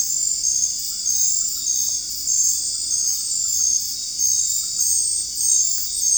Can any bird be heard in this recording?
no